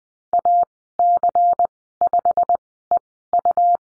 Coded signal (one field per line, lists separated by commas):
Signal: Morse code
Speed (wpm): 20 wpm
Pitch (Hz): 700 Hz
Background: none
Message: AC5EU